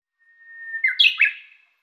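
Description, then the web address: Japanese bush warbler song: a long, steady whistled note that breaks into a quick, higher warbled flourish of two or three notes, with no other sounds. "ウグイス"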